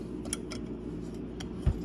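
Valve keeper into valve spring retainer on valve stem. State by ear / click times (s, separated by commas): not seated / none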